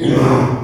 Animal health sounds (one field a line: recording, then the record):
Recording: squeal of a Yucatan mini pig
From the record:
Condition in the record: before surgery on the right vocal fold (resection and tissue-engineered implant)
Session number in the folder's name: 2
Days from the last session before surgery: 0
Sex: male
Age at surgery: 12 weeks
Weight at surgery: 13 kg